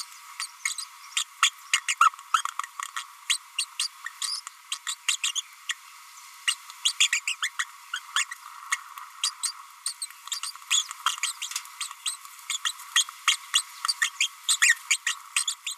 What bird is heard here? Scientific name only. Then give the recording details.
Forpus passerinus. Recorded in a nest box in Venezuela. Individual 18B25A3